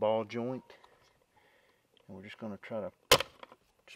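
A plastic molding pry tool pushes behind the driver side mirror glass of a 2003 C5 Corvette power mirror, popping the glass's plastic backing off the actuator's ball-joint mounts. Someone talks, then a sharp, loud pop comes at 3.1 s, followed by a few small clicks. The mirror glass is released from the actuator ball joint.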